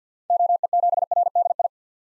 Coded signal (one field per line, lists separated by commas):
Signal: Morse code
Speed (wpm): 50 wpm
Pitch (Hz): 700 Hz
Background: none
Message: OE7RDI